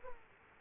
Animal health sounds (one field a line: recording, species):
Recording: mosquito wingbeat signal from an infrared sensor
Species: Aedes aegypti